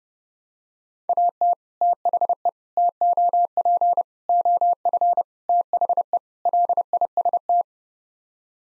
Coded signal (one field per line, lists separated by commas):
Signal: Morse code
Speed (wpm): 30 wpm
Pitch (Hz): 700 Hz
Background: none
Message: AT THE TOP OF THE LIST